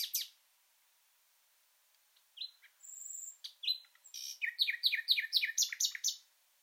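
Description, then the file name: Common nightingale song: a brief sharp note, a pause, whistled phrases and a thin high tone, then a rapid series of repeated ringing chirps. "Luscinia megarhynchos"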